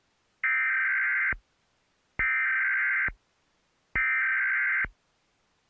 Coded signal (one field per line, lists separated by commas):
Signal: Emergency Alert System (SAME) tones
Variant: header bursts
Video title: EAS Mock: Cartoon Network 2011 National Test